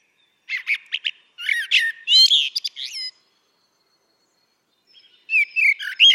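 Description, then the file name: Common blackbird singing a string of warbled and squeaky notes, breaking off into silence before another twittering phrase begins. "Turdus merula"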